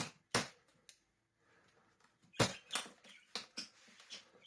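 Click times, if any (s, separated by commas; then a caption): none. A new paper dust bag is pushed into the bag holder of a restored Sebo Dart 1 upright vacuum cleaner fitted with new parts. Several sharp plastic knocks and scrapes are heard, the loudest near 0.4, 2.4, 2.8, 3.4 and 3.6 seconds. The bag has not clicked into place yet because it is fiddly to line up.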